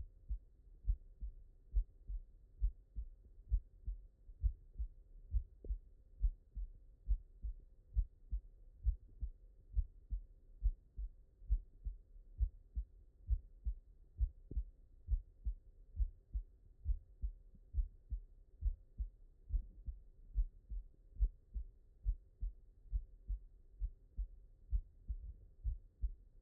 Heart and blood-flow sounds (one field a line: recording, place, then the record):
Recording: heart sounds by stethoscope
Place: mitral valve (MV)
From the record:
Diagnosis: non-HFrEF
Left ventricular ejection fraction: 74%